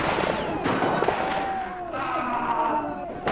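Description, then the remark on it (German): Scattered gunshots crack out as men fire at will in a fight, a few sharp bangs spaced irregularly across a few seconds over a dense, noisy din, with shouting voices and rumbling commotion filling the background. “Feuert, Leute! Feuert, was das Zeug hält!”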